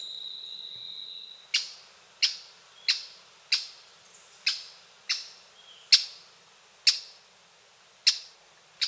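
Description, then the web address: Bird giving a series of sharp, high chip notes at intervals of about a second. Song and call recorded in a Costa Rican cloud forest. "Birds of the Costa Rican Cloud Forest"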